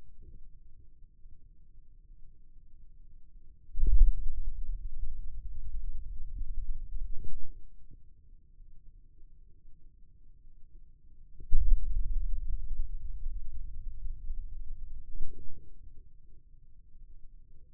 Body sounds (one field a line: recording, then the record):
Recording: forearm muscle sounds (acoustic myography)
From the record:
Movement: radial deviation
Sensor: system 2, bracelet of six BSWA MPA416 microphones around the upper forearm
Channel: 2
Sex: male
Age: 22 years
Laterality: right